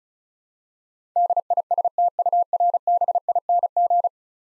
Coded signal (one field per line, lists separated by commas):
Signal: Morse code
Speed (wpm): 36 wpm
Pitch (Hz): 700 Hz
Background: none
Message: DISTURBING